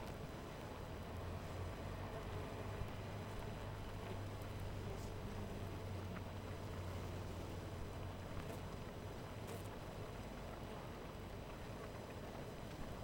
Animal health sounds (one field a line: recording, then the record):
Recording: honeybee colony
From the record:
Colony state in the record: missing queen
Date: 14 July 2017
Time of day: 12:57